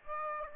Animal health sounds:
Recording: mosquito wingbeat signal from an infrared sensor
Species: Aedes aegypti

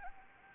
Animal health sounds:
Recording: mosquito wingbeat signal from an infrared sensor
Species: Anopheles gambiae

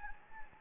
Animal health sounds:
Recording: mosquito wingbeat signal from an infrared sensor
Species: Anopheles gambiae

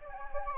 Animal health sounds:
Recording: mosquito wingbeat signal from an infrared sensor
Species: Anopheles gambiae

